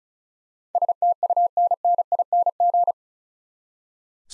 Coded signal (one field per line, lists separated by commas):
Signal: Morse code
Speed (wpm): 36 wpm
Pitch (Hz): 700 Hz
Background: none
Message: STUNNING